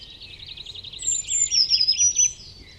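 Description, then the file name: Eurasian blue tit giving a fast churring trill of repeated buzzy notes, overlapped by sharp, high thin whistled notes, with faint background noise. "Cyanistes caeruleus"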